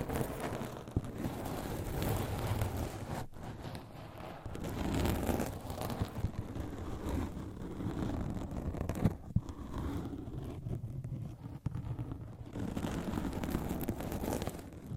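Scratching and tapping from a massage, a dense, continuous rubbing rumble that stays mostly low and full. Sharp taps stand out near 3 seconds and around 9 seconds, with a few more later. Brief dips in loudness interrupt the otherwise steady texture.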